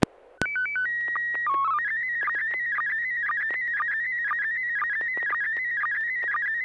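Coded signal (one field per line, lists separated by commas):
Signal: SSTV (slow-scan television)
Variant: PD 120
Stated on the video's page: Weekly amateur SSTV net on a 441.30 MHz FM repeater, images exchanged using MMSSTV software.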